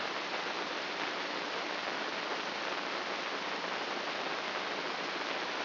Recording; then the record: brain microelectrode recording played as sound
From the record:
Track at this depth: outside the subthalamic nucleus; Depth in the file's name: 7.228 mm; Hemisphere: left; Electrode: 3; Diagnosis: Parkinson's disease